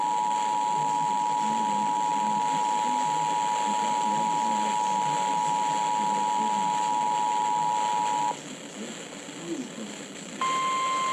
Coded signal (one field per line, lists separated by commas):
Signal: Emergency Alert System (SAME) tones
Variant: 853 and 960 Hz attention tone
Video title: One too many watches... | EAS #530-557 (Severe Weather Alerts from 5/26-27/2024)